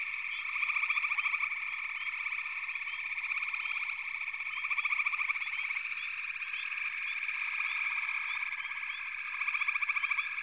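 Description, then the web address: Frog chorus with continuous trilling and repeated louder pulsed croaking bouts every few seconds, sprinkled with brief rising chirps. "Natures Songs Sleep Sounds of Nature FROGS Frog Chorus"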